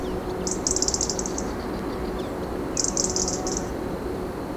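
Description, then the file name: European robin calls as two short bursts of very high, rapid ticking notes about two seconds apart, over a steady low hum and hiss. "Erithacus rubecula"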